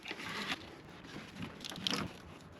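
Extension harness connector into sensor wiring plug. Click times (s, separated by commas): 1.9 s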